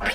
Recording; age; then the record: pig call; piglet (1 to 25 days)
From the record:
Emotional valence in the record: negative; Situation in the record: crushing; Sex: female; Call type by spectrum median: low-frequency call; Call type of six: high-frequency stable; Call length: 0.15 s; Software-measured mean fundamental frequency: 249 Hz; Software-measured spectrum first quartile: 735 Hz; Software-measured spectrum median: 1547 Hz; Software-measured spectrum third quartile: 2288 Hz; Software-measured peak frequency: 1757 Hz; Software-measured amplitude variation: 104 dB a second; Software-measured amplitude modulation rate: 6.8 a second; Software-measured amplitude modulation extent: 15.2 dB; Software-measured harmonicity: 0.4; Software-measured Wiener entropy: -0.98